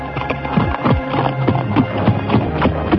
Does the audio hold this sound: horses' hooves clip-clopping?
yes